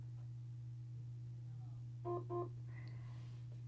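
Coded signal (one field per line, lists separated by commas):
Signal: beep code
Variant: Sonicare electric toothbrush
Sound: two quick buzzy electronic beeps over a constant low hum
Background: electrical hum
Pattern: 2 short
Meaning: Two beeps confirm the brush is on the charger and charging is on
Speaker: if the two beats and there's two beeps and it flashes green that means it's on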